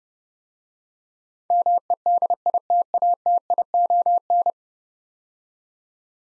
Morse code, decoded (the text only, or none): MEDITATION